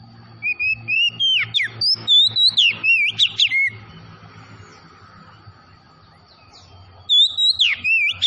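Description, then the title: Oriental magpie-robin pouring out a quick series of bright whistled slurs, falling silent for about three seconds, then resuming with more swooping whistles. Tretes variety, singing vigorously (gacor). "Kacer Tretes"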